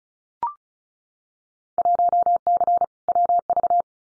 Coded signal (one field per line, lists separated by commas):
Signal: Morse code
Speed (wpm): 36 wpm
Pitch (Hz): 700 Hz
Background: none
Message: 1C WV